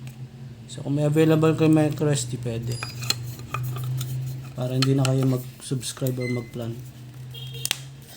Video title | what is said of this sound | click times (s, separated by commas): My D-Link Outdoor Indoor CCTV Camera | Yan naka-lock na siya. | 7.7 s